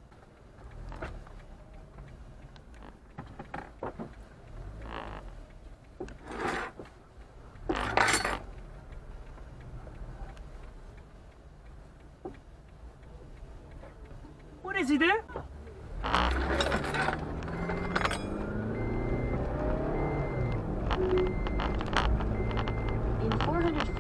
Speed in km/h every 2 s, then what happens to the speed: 2, 2, 2, 0, 8, 10, 6, 2, 16, 35, 50, 58.
0-6 standing. 6-9 pulls away to 10. 9-15 steady at about 6. 15-24 pulls away to 58.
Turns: none.